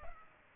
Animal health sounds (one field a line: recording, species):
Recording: mosquito wingbeat signal from an infrared sensor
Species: Culex pipiens